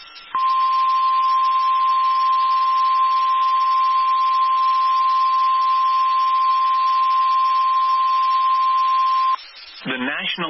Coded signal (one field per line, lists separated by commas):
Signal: Emergency Alert System (SAME) tones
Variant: 1050 Hz attention tone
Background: speech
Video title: TX SVR EAS #638